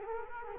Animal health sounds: mosquito wingbeat signal from an infrared sensor; Culex quinquefasciatus

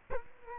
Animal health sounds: mosquito wingbeat signal from an infrared sensor; Culex quinquefasciatus

